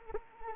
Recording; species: mosquito wingbeat signal from an infrared sensor; Anopheles arabiensis